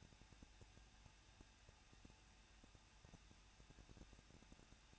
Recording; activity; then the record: daily activity, microphone in the room; no activity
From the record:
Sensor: 2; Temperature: 21.0 degrees Celsius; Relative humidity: 37.4%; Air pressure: 1006.2 hPa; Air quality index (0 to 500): 222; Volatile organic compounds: 24 ppm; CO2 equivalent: 2809 ppm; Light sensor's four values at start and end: 2/3/2/2 and 2/3/2/2